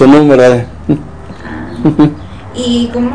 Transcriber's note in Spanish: risas